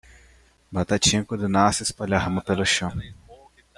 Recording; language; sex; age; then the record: short text; Brazilian Portuguese; male; 20 to 29 years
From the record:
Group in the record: control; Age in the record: 20 years